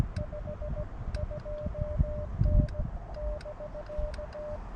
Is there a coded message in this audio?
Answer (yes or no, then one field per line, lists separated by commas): yes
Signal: Morse code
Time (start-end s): 0.2-4.6 s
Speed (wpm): 16 wpm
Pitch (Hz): 600 Hz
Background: none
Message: 5 2N <BK>